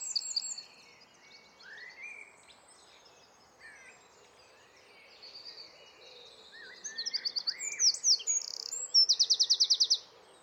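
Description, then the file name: Eurasian wren song, quiet scattered high notes at first, then a loud burst of rapid twittering ending in a fast, even, rattling trill. "Troglodytes troglodytes"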